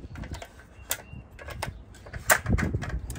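The aluminum legs of a GarfatolRv large adjustable folding RV step stool are pulled back until the leg locks click into the open position, with sharp clicks at 0.9 s and 1.6 s. Softer knocks and rattles follow, and the stool is then fully installed and assembled.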